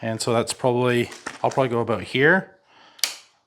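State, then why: Seated. Someone talks while choosing a handlebar height on an EMMO Vegar Pro e-bike. Then the metal quick-release clamp lever on its adjustable handlebar stem is closed, giving one sharp snap at 3.0 s as it locks into place.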